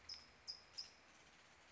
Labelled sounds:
California Towhee

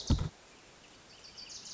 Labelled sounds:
Wilson's Warbler

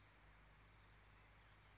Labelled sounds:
Bewick's Wren

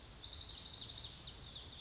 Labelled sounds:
Lazuli Bunting

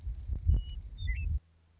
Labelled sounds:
Western Meadowlark

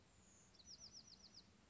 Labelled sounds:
Bewick's Wren

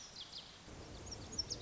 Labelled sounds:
Lazuli Bunting

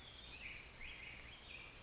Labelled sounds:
California Towhee

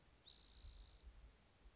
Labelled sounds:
Spotted Towhee

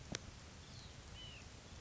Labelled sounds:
White-breasted Nuthatch

